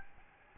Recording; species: mosquito wingbeat signal from an infrared sensor; Aedes albopictus